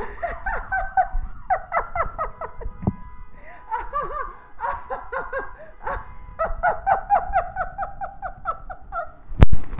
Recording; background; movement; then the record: laughter; traffic; walking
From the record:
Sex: female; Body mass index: 21.8 kg/m2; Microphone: on the chest, facing the body